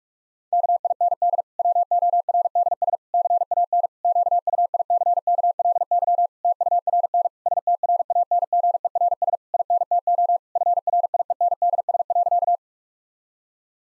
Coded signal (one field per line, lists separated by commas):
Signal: Morse code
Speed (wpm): 42 wpm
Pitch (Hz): 700 Hz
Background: none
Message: KIND WORDS CAN QUICKLY TURN STRANGERS INTO FRIENDS.